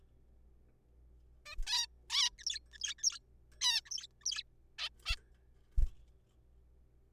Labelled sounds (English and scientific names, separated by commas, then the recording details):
Zebra Finch (Taeniopygia guttata)
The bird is a juvenile
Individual R3428